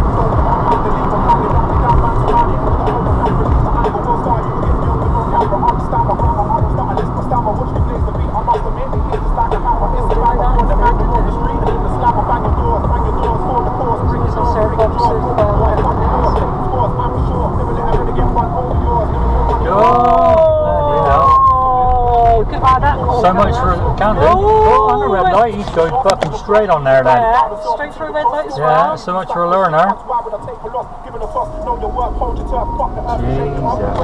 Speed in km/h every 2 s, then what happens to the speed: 45, 42, 40, 32, 23, 29, 34, 35, 34, 27, 18, 19, 16, 5, 0, 0, 0.
0-7 slows to 23. 9-13 speeds up to 35. 13-20 slows to 18. 23-28 brakes to 0. 28-32 standing.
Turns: 20-26.